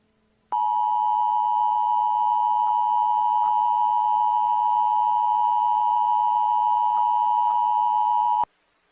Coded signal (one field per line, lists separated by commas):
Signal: Emergency Alert System (SAME) tones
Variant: 853 and 960 Hz attention tone